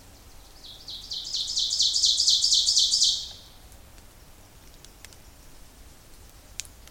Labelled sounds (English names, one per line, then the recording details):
Ovenbird song
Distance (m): 10 m
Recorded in boreal forest in Alberta, Canada, on 26 May 2016 at 07:19
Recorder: SongMeter 3, array SBT-3-15
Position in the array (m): 41 m, 225 m
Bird 20